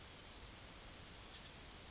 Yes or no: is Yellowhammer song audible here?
yes